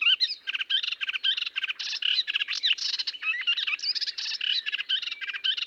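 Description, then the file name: Melodious warbler song: rapid rattling chatter mixed with high whistled slurs, delivered as a nonstop, hurried jumble. "British Library - Melodious Warbler Hippolais polyglotta"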